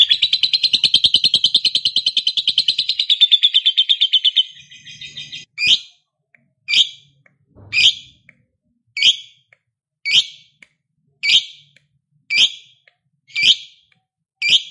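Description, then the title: Lovebird chattering song: a fast rapid trill of high notes for about four seconds, then sharp loud chirps repeated about once a second. Recording used to prompt a lazy lovebird into eager, spontaneous singing. "LOVEBIRD Malas Bunyi JADI GREGET SPONTAN Langsung NARIK"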